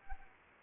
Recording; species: mosquito wingbeat signal from an infrared sensor; Anopheles arabiensis